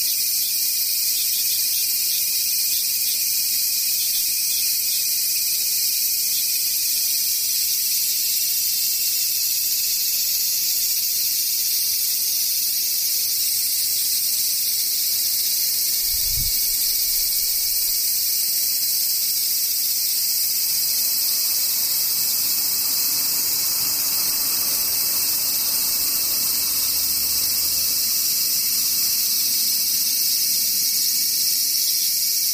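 Cicadas drone in a steady, dense high hiss that never lets up, a shrill bright wash filling the upper range for the whole half minute. Around sixteen seconds a brief low thump breaks through, and a faint rumble drifts underneath in the second half.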